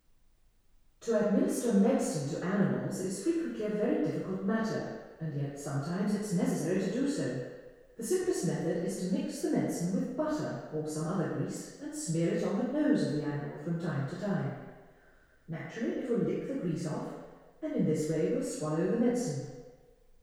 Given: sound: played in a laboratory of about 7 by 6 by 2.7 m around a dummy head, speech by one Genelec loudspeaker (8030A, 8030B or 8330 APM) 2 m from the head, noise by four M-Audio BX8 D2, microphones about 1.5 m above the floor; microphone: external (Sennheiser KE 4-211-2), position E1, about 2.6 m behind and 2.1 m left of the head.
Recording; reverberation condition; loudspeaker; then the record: female speech in English; high; behind (180 degrees)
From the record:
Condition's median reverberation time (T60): about 1300 ms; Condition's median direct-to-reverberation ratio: about -4.0 dB